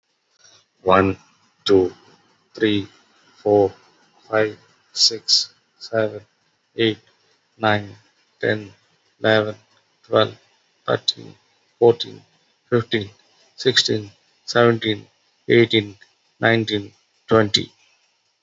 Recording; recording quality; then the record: counting at a normal pace; excellent, no background noise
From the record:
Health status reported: COVID-19 positive, mild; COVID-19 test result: positive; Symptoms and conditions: cough, cold, fever, hypertension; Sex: male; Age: 42 years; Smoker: not ticked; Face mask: not worn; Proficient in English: yes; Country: India